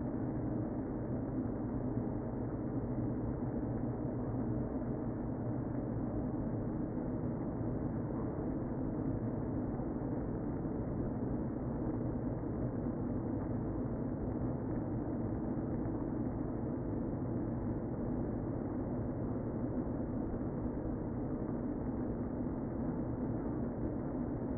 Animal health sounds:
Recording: honeybee colony, microphone inside the hive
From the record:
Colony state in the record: queen present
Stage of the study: before two queens were removed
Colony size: about 60,000 bees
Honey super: yes

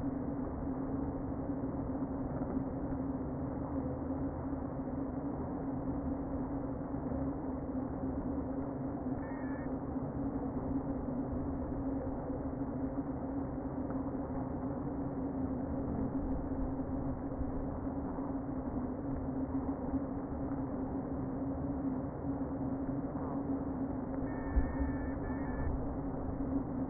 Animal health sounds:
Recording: honeybee colony, microphone inside the hive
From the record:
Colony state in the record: queen present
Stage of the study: before two queens were removed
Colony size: about 60,000 bees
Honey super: yes

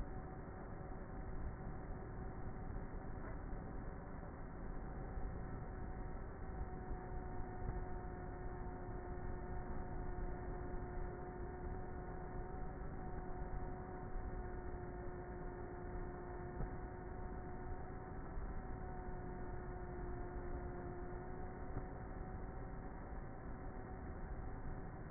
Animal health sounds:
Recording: honeybee colony, microphone inside the hive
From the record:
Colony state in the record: queenless with a low population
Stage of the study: before two queens were removed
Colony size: about 30,000 bees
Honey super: no

